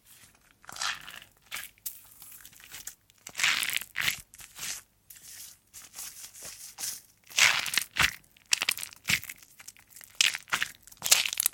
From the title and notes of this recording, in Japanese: 癒される泡の音…手をこするハンドサウンド/手洗い Hand Washing【ASMR】。